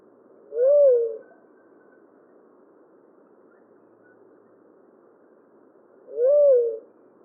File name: Tolima Dove Leptotila conoveri